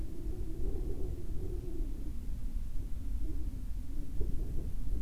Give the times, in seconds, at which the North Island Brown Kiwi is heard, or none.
none